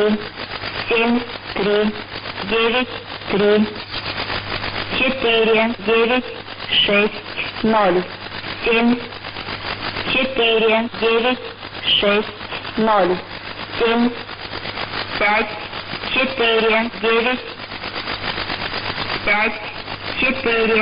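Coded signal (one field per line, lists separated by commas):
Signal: numbers station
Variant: S06s Russian Lady, Russian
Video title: 02 10 2017 Numbers station S06s Russian Lady in Russian to Eu 1200 on 9145 unknown tx site in CUSB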